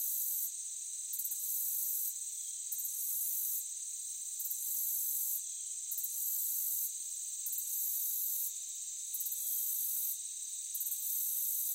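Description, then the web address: Cricket chorus, shrill and steady, with buzzy pulsed trills that surge for about a second at a time, then briefly ease before starting again. Meadow ambience. "Blastwave AMBIENCE Meadow Crickets"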